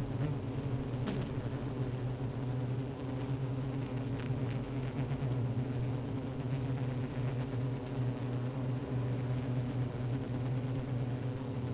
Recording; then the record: honeybee colony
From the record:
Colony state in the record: active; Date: 28 July 2017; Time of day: 15:44